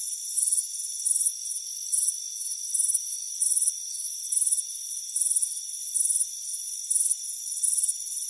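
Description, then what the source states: Crickets give evenly spaced high chirps over a continuous shrill insect hum. Soothing chirping.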